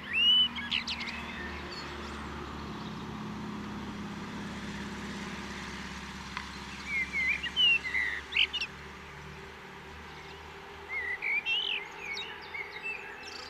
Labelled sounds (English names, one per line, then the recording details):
Common Blackbird song
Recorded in the wild
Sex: male
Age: adult
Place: Kaiserslautern, Rheinland-Pfalz, DE
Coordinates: 49.4283, 7.77889
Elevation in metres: 279
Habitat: garden
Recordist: Tretzel, Erwin